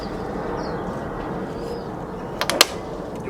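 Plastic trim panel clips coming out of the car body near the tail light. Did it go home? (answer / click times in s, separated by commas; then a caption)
released / 2.4 s, 2.5 s, 2.6 s. A clip-held plastic trim panel is pulled off around the tail light area of an R56 car. After a steady low background hum, three sharp pops ring out at 2.4, 2.5 and 2.6 seconds as the plastic clips let go of the car body. The panel is released.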